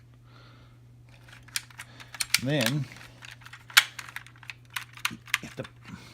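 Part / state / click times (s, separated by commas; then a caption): wings folding into the body of a transforming toy robot / seated / 3.8 s. Someone talks while pushing the die-cast and plastic wings of a vintage 1980s Bandai Popy Godaikin Vavilos transforming robot down into its body during the change to gun mode, with the trigger already flipped down so nothing breaks. Light plastic taps lead to a sharp click at 3.8 s, followed by smaller clicking handling sounds. The wings are now set in place, though a small gap remains between them.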